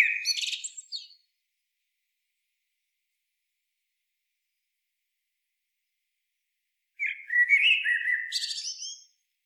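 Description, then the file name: Eurasian blackbird song: the end of a fluted phrase with a high squeaky flourish, then several seconds of silence and a second warbled phrase with a thin twitter. "Turdus merula"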